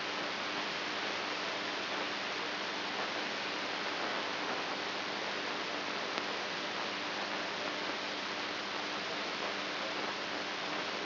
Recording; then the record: brain microelectrode recording played as sound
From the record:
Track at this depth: inside the subthalamic nucleus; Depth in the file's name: 5.112 mm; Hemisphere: right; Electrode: 2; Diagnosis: Parkinson's disease